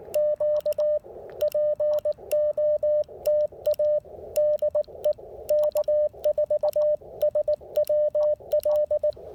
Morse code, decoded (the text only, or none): Q POTA DE K4SWL